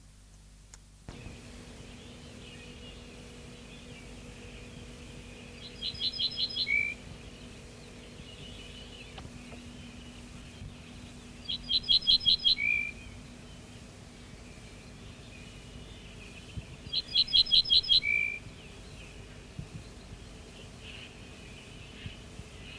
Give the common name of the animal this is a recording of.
Ortolan Bunting